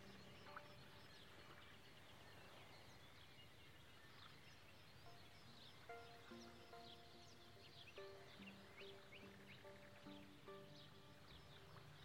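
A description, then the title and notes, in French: Nature sounds at the edge of a lake: a steady low wash of outdoor noise runs under constant quick bird chirps and twitters. From about five seconds in, clearer held whistling notes at varied pitches rise above the chatter, repeating every second or so. Au bord d'un lac Canadien bercé par les sons de la nature.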